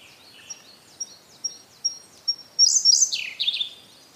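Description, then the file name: Siberian blue robin: five high, thin, slurred notes about half a second apart, then a loud, tumbling, slightly descending trill. "koruri"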